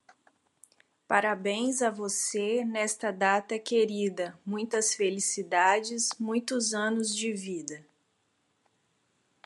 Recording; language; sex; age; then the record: short text; Brazilian Portuguese; female; 30 to 39 years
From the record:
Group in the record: control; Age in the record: 32 years